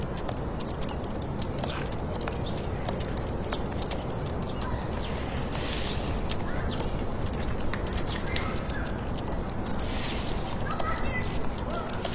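Fingertip typing in a computer room: quick, irregular soft taps and clicks throughout, over a steady, dense wash of urban white noise.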